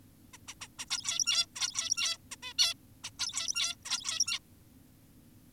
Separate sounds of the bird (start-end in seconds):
0.34-0.38, 0.48-0.54, 0.61-0.68, 0.79-0.85, 0.91-1.46, 1.56-2.18, 2.32-2.36, 2.43-2.54, 2.59-2.74, 3.04-3.10, 3.19-3.76, 3.86-4.39